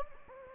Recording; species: mosquito wingbeat signal from an infrared sensor; Anopheles gambiae